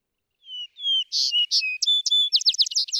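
Vesper sparrow song: two soft introductory whistles, then loud paired notes and the start of a fast, chattering trill cut off at the end.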